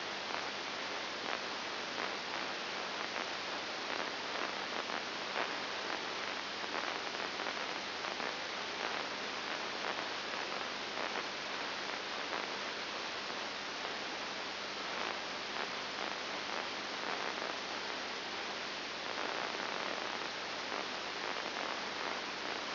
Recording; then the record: brain microelectrode recording played as sound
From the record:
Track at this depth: inside the subthalamic nucleus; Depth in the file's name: 5.101 mm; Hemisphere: left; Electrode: 2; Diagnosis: Parkinson's disease